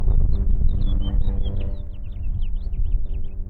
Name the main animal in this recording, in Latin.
Haemorhous mexicanus